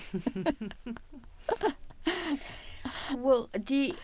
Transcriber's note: they laugh